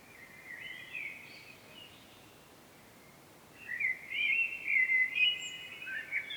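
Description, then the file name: Common blackbird song: a soft warbled phrase, a pause, then a louder, longer fluty phrase, over a gentle hiss. "Turdus merula"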